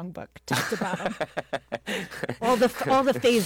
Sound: laughter